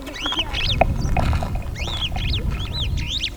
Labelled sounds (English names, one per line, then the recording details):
Superb Starling flight call
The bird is a male
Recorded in Kenya on 9 April 2009 at 09:02
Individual 77, of group MRCV